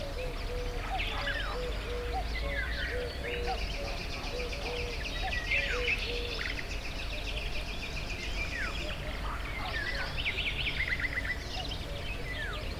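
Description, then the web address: Birds twitter in a dense chorus, alongside a repeated low, even tonal note, over a steady hum. Recorded at the Hortobágy fishponds, Hungary, in 2014, near the narrow-gauge railway's inner terminal station; varied bird life. "hanggyujtemeny kisvasut hortobagyihalastavak 2014 termeszet sokszinumadarvilag belsovegallomas"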